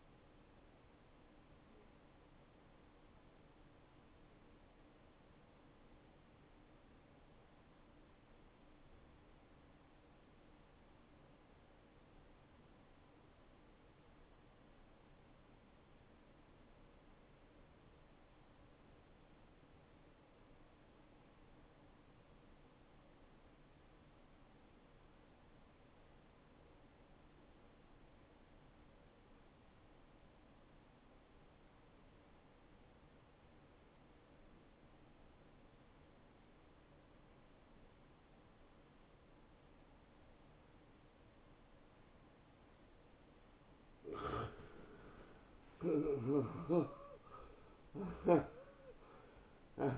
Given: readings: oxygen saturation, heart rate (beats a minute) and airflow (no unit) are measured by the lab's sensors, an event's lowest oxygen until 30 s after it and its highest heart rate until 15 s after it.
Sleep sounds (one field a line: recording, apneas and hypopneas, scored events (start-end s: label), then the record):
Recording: breathing in sleep by a voice recorder at the bedside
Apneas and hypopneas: 1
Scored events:
4.00-45.80 s: hypopnea (N1, oxygen 91% highest, then 81% lowest)
30.00-49.98 s: new sleep stage, N2 (light sleep)
From the record:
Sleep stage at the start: N1 (lightest sleep)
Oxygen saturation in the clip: 83 to 91%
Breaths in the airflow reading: 8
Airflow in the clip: -15.5 to 8.3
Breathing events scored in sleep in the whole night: 263 in 5.5 hours asleep